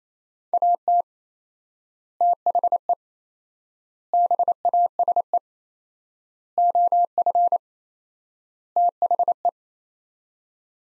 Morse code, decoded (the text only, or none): AT THE BASE OF THE